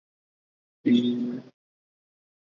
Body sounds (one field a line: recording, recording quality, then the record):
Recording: sustained vowel as in beet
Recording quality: excellent, no background noise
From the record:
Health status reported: healthy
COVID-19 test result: negative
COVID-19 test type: RT-PCR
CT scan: not taken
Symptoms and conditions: fever, muscle pain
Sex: female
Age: 45 years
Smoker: no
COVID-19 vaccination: both doses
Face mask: worn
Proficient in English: yes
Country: India